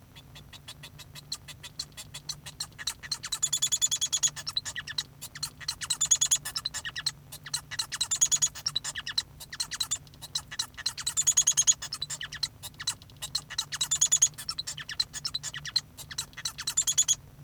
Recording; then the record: song of a male Bengalese finch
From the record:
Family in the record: son of father 1